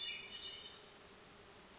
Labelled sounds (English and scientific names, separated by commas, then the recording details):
Hermit Thrush (Catharus guttatus)
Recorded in Sonoma County, California